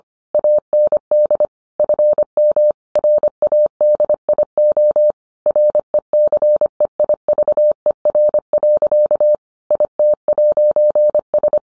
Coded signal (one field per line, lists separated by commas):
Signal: Morse code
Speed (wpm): 25 wpm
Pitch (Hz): 600 Hz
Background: none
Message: AND FM RADIO RECEIVER. IT'S